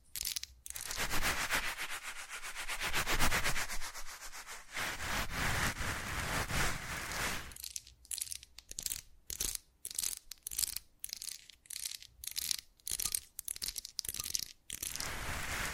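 Fast-changing ASMR triggers: rubbing, scratching and crinkly tearing sounds. The first half is a dense, nearly continuous textured rush that swells around three seconds. After about eight seconds it breaks into quick, irregular bursts separated by short silences, bright and crisp throughout.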